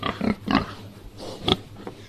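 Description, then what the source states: Pigs grunting, a series of short, low grunts at irregular intervals, with one sharper squeaky note and a faint hum behind. Pigs at La Ferme de la Lande, a Brittany farm selling directly to customers in Rennes, raised on straw and kept 180 to 220 days.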